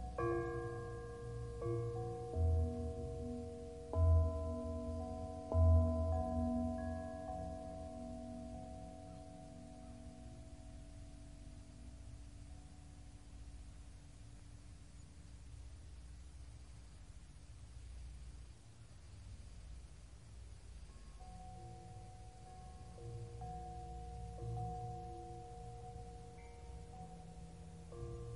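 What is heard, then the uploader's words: Calming bells ring with long sustained tones, several struck in the first seven seconds and left to ring out slowly. A soft, steady hiss sits underneath throughout, and around twenty seconds new bell tones enter and hold to the end. Calming bells white noise.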